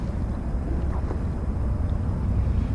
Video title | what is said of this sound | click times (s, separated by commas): RE-UPLOAD Bixby Motor Install, First Water Test & Review-Old Town Sportsman Bigwater PDL 132 Kayak! | didn't snap into the bracket | none